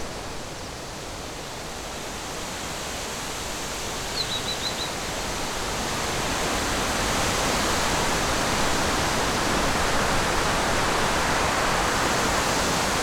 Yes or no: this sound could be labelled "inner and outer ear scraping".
no